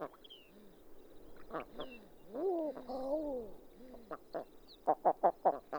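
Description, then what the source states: Bird calls, soft low moaning notes building into loud slurred wails near the middle, then a rapid series of short clipped notes at the end. Two pairs calling in tundra pools.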